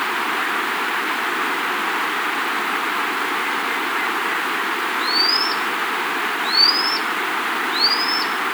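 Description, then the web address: Lanceolated monklet song: three thin, high whistles that each rise sharply, spaced a little over a second apart, over a steady background hiss. Recorded in South America. "Natures Songs S America Lanceolated Monklet"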